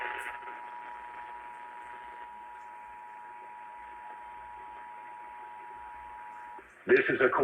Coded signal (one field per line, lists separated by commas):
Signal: Emergency Alert System (SAME) tones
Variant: 853 and 960 Hz attention tone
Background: speech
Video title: IT'S TIME FOR DENVER AREA! Broadcast Radio EAS: Required Monthly Test (EAS #445-446)